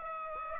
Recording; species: mosquito wingbeat signal from an infrared sensor; Aedes aegypti